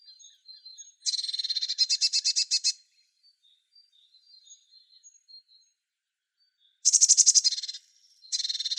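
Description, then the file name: Eurasian blue tit with a fast, grating, buzzy churr, two long bursts separated by soft scattered high notes, then a third burst beginning. "Cyanistes caeruleus"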